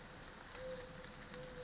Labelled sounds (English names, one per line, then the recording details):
Mourning Dove
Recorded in Sonoma County, California